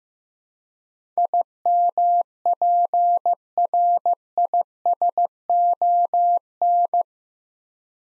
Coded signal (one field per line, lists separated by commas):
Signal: Morse code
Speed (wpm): 15 wpm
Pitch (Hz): 700 Hz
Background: none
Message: IMPRISON